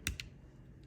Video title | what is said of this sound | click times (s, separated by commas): How to Change Your Tesla or Mercedes Your Peeling Window Switch in 2 Minutes | and once it snaps into place then it should be good to go I shouldn't be going anywhere | 0.1 s, 0.2 s